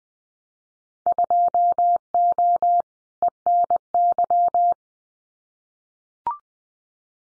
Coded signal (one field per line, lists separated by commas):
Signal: Morse code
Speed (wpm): 20 wpm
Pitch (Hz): 700 Hz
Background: none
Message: 2O ENY